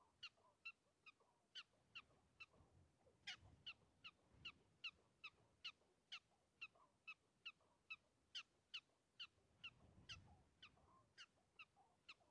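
Prairie dog chirps, a run of sharp high notes about two to three per second, with soft low rumbles behind.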